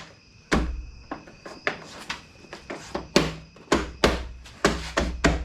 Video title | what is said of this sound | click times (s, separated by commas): BodyGuard spare tire delete for 2021 Ford Bronco | snaps right in there | 0.5 s, 1.7 s, 3.2 s, 4.0 s, 4.7 s, 5.2 s